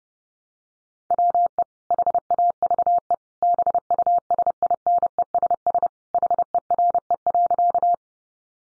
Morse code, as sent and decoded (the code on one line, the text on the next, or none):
.-- . / .... .- ...- . / -... ..- ... .. -. . ... ... / .... . .-. . .-.-.-
WE HAVE BUSINESS HERE.